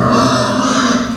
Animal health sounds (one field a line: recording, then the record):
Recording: squeal of a Yucatan mini pig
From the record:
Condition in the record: after surgery on the right vocal fold (resection and tissue-engineered implant)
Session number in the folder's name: 11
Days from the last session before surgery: 98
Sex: female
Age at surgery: 19 weeks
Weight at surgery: 25 kg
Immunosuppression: prednisolone